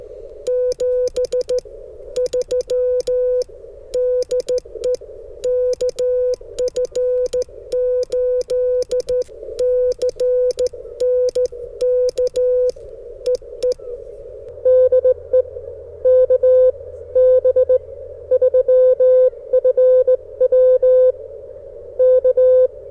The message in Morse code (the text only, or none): 73 DE KF8CNK EE DE KB3FW K